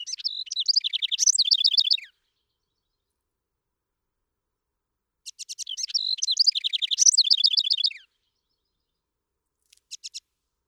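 House wren song repeated in two long bubbling, chattering phrases separated by a pause, with a short fragment near the end.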